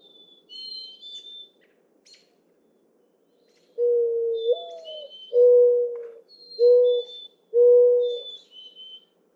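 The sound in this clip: Mourning dove singing one full phrase: a mellow rising coo, then three level hooting coos, while another bird gives thin high whistles at intervals.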